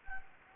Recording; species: mosquito wingbeat signal from an infrared sensor; Anopheles gambiae